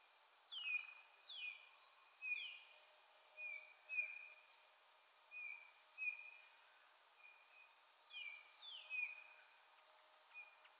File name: Pyrrhula pyrrhula